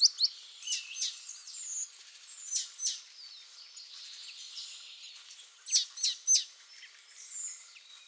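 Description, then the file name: Great tit calls: high sharp chirps at intervals over a hissy background, including a loud cluster of three notes past the midpoint. "Parus major"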